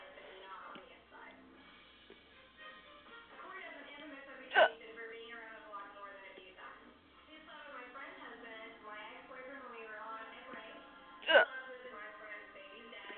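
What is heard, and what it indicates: Two sharp, abrupt hiccups about seven seconds apart break into otherwise steady conversational speech from an adult.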